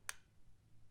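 A U-lock is slid into the plastic bracket body of a Kryptonite Transit FlexFrame U-Bracket mounted on a bicycle frame. A single sharp, bright click sounds at 0.1 s as it latches, followed by a faint low hum. The lock is seated and secured in the bracket.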